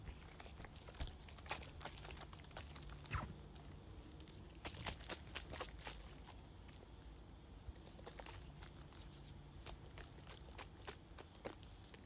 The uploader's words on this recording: ASMR Tapping, Scratching, and Shaking Perfume Bottle.